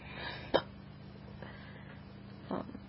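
Two sudden, sharp gulping catches, about two seconds apart, each cutting off quickly. These are hiccups, involuntary spasms of the diaphragm with abrupt closure of the vocal cords, in an adult who has been hiccuping a lot over the weekend. A steady low hum runs underneath.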